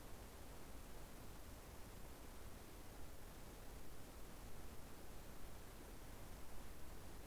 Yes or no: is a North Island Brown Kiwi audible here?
no